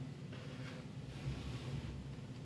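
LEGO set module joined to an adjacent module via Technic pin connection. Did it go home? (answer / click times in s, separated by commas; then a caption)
no / none. A LEGO Viking Village set module is handled as a builder lines it up to join an adjacent module through a Technic pin connection. Only a steady low rumble and soft broadband handling noise are heard, with no sharp hits. Nothing has seated or clicked yet.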